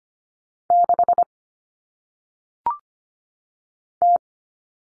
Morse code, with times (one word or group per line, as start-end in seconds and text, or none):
0.7-1.2 6
4.0-4.2 T